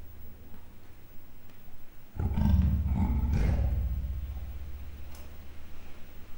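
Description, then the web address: Leopard growl: a single low, throaty rumble bursts in after two seconds, holds roughly two seconds, then fades back to a faint hum. Captive male and female leopards at a zoo in Miskolc, growling with a muffled cry, recorded in 2009. "2009 standardt leopard himnosteny morgasfojtottkialtas"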